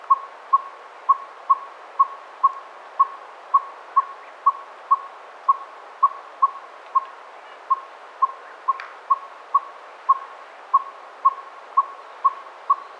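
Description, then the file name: Northern saw-whet owl tooting in a long, even run of clear whistled notes, roughly two each second, with a few faint clicks in the background. Nominate subspecies acadicus. "Northern Saw-whet Owl - Aegolius acadicus acadicus"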